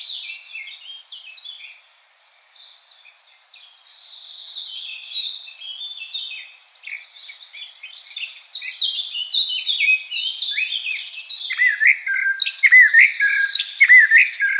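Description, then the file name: Common blackbird with a long run of high, squeaky twittering and jumbled chattering notes that grow louder toward the end, with few fluty passages. "Turdus merula"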